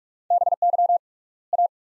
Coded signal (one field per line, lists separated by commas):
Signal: Morse code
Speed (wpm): 42 wpm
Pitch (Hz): 700 Hz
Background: none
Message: BY A